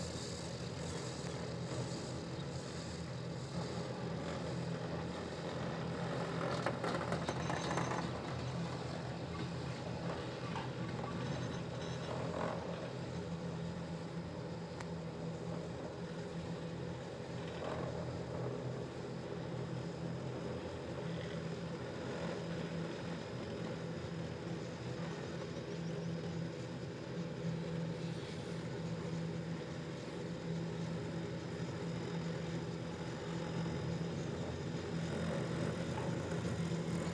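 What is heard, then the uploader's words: A chair lift runs with a steady, loud mechanical drone, a low hum holding constant throughout with a rumbling, machine-like texture. Brief clattering rattles and clunks surface every few seconds, around 7, 12, 18 and 28 seconds, like the chairs passing over wheels. Chair lift to the Wolzenalp, Switzerland. By This Wachter. The slow journey from the valley to the mountain.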